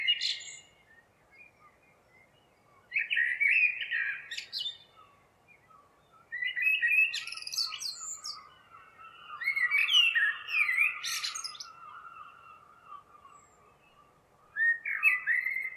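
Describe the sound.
Bird song in varied twittering phrases with sweeping, warbled notes, delivered in bursts separated by short pauses, over a faint steady background hum.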